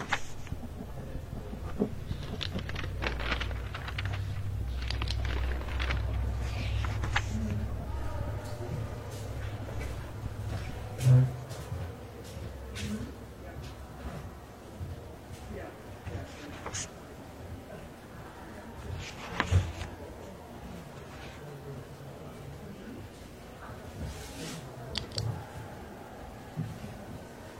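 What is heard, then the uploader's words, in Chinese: Library ambience over a steady low hum. The first seven seconds are busiest, with quick clicks and papery rustles like typing and page turning; after that come sparser taps and soft rustles, with sharper knocks around 11 and 19 seconds. 公共图书馆沉浸式学习 图书馆环境音 打字声 写字翻书。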